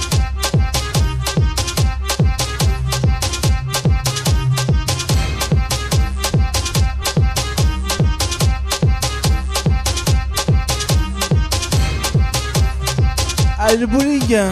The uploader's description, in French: une soirée de vendredi vraiment sympa au bowling st savin